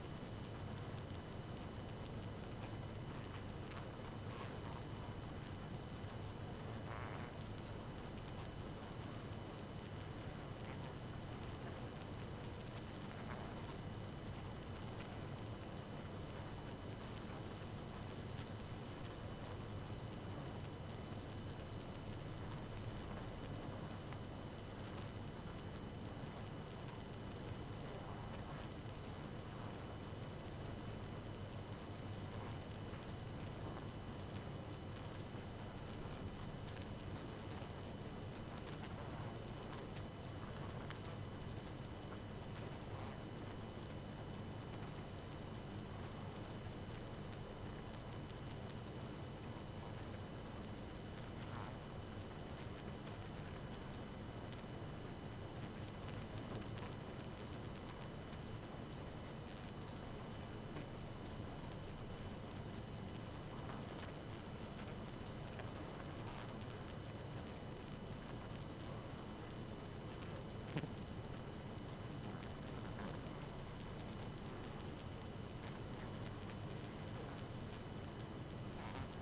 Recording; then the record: honeybee colony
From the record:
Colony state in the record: active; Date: 12 June 2018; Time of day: 2:05